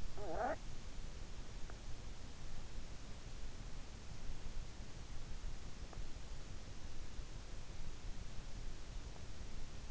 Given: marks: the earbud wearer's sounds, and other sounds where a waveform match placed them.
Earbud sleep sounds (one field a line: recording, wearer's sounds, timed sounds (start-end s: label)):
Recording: sounds in sleep by an in-ear microphone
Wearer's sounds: snoring breath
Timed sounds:
0.00-1.06 s: snoring breath